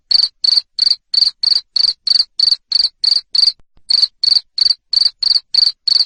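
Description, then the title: Cricket chirping loudly, a steady train of short high pulses about three per second, with one brief pause near the middle; no other sounds. Loud cricket chirping played to stimulate lovebirds to keep singing (ngekek). "Suara JANGKRIK NGERIK Keras Bikin LOVEBIRD Jadi NGEKEK Terus Vubey"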